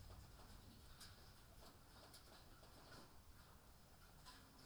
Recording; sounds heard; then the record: poultry house recording; healthy chickens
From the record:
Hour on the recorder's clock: 18